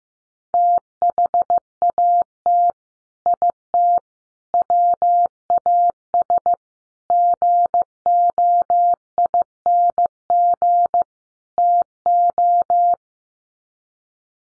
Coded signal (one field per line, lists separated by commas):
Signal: Morse code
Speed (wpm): 15 wpm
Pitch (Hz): 700 Hz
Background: none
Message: THAT IT WAS GOING TO